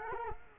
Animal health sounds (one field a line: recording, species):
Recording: mosquito wingbeat signal from an infrared sensor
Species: Culex quinquefasciatus